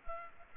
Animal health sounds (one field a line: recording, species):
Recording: mosquito wingbeat signal from an infrared sensor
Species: Culex pipiens